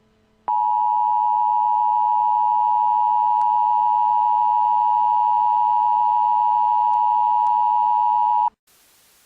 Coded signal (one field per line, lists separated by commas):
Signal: Emergency Alert System (SAME) tones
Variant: 853 and 960 Hz attention tone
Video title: EAS Scenario: The End Of World